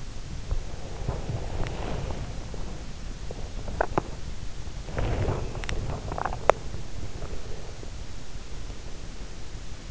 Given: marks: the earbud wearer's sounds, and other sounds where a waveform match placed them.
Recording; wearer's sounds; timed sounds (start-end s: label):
sounds in sleep by an in-ear microphone; body movement, teeth grinding
0.00-6.87 s: body movement
7.25-9.58 s: teeth grinding